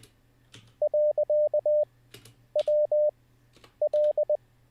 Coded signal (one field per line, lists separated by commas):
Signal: Morse code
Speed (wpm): 20 wpm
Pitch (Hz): 600 Hz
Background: none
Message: .WL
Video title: How To Learn Morse Code LIVE with N0SSC (Day 7)